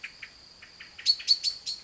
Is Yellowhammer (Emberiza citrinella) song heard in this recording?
no